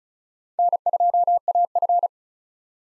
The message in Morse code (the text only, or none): N2AF